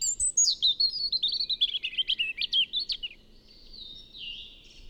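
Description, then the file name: European robin song: a rapid stuttering run of high notes lasting about three seconds, then a few fainter drawn-out thin notes. "Erithacus rubecula"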